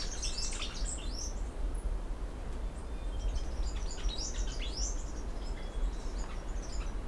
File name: yellow green finch